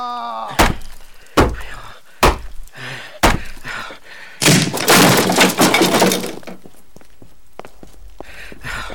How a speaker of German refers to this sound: Ich verlange, dich zu sehen. Sonst müssen wir die Tür mit Gewalt öffnen.